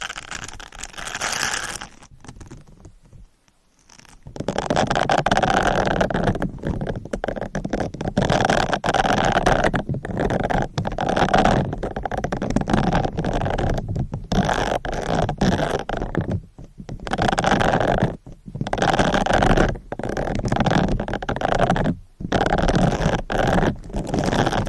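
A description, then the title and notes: A sponge is rubbed and squished against a microphone, making a dense, coarse scratching and brushing noise with a low rumbling undertone. After a short silence near the start, the rubbing runs almost continuously, broken by brief pauses around 17, 18 and 22 seconds. ASMR Sponge on Mic Scratching, Brushing, Squishing, Crinkle etc No Talking for Sleep.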